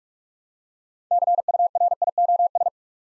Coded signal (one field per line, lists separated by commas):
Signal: Morse code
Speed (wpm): 48 wpm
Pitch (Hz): 700 Hz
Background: none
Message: CURIOS